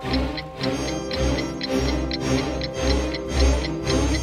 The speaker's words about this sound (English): The clock struck again, and out came the 10 councilmen.